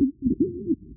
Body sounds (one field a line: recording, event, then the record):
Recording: neck accelerometer signal played as sound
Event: no cough (speech, laughter, throat clearing or background)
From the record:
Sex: female